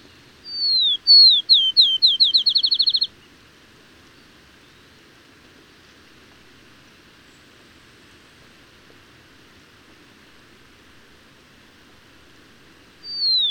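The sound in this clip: Bird song: one phrase of sliding whistles accelerating into rapid notes, then a long quiet gap before the next phrase begins.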